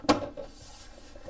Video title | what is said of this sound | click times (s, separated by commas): Chanson Water's Miracle M.A.X. Installation Guide - Part 7: Adjustments | you'll hear that click and then it'll just pull right away | 0.1 s